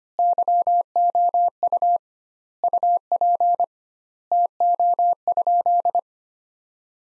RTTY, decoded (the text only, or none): none